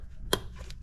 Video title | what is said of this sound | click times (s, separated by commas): How to change the spark plugs on a 2.7 Ford Bronco | sorry wasn't clicked all the way I'm sure you heard that click pull it off so you do that for each | 0.3 s